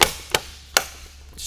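The plastic cover behind the door handle on a 2019 Toyota Tundra front door is put back and pushed around its edge into the door panel. Three loud, short snaps are heard at 0.0, 0.4 and 0.8 seconds as its clips seat, followed by a softer hiss near 1.4 seconds. The cover is snapped in place.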